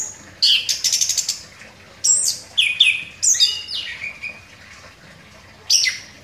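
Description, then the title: Orange-headed thrush song, loud phrases of buzzy rattled notes and sweeping whistles, delivered in separate bursts with short pauses, ending after a silent gap with one more phrase. Singing vigorously (gacor). "Anis Kembang Gacor"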